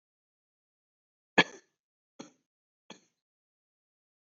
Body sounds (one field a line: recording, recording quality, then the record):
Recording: shallow voluntary cough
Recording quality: excellent, no background noise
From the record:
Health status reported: COVID-19 positive, mild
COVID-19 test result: positive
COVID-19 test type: RT-PCR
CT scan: not taken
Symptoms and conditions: cough, cold, fatigue, diarrhoea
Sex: male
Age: 23 years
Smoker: no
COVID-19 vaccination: both doses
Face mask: not worn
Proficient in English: yes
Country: India